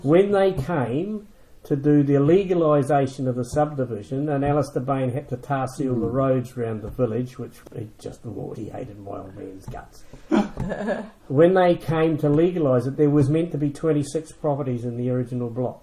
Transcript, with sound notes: When they came to do the legalisation of the subdivision, and Alistair Bain had to tarseal the roads round the village, which he just… oh, he hated my old man’s guts! [Chuckles] When they came to legalise it there was meant to be twenty-six properties in the original block;